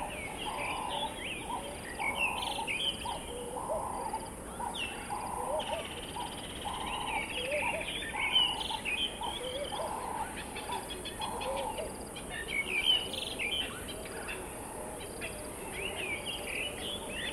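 A dry stretch of the Limpopo River at the start of the rainy season, where a bird repeats a short, even call at a steady pace from about two to twelve seconds. Other birds chirp and twitter higher up, over a constant hiss of insects.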